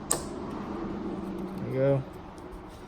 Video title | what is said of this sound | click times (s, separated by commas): DIY- How to Replace 8th Gen Nissan Maxima Taillights With 2019 Nissan Maxima Taillights -2017 Maxima | hear a click yeah | 0.1 s